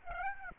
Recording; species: mosquito wingbeat signal from an infrared sensor; Aedes aegypti